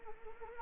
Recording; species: mosquito wingbeat signal from an infrared sensor; Anopheles arabiensis